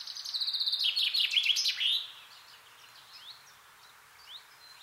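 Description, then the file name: Common chaffinch song already underway at the start, a falling rattling trill ending in a flourish, then faint, thin upslurred notes. "Fringilla coelebs"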